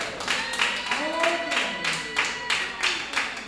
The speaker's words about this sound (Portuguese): Receba o servo de Deus com as palmas bem forte, bem alegre para Jesus!